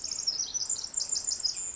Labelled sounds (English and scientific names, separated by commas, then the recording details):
Pacific Wren (Troglodytes pacificus)
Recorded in Sonoma County, California